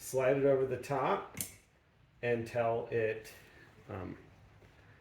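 Someone talks while the 7A adapter piece of a rear wiper blade is slid over the top of the rear wiper arm on a 2016-2022 Mercedes-Benz GLC (X253). The adapter has not clicked or seated onto the arm yet.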